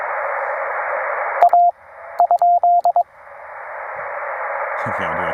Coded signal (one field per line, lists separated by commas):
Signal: Morse code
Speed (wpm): 21 wpm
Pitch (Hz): 690 Hz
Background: radio noise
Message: A ?